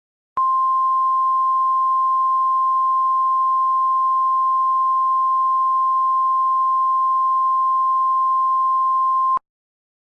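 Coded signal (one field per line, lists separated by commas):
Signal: Emergency Alert System (SAME) tones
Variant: 1050 Hz attention tone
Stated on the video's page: Fictional EAS scenario.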